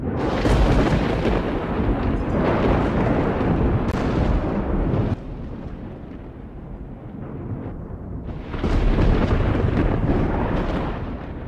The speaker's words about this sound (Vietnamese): Sau đó là một tiếng sét ngang trời đánh đùng một cái.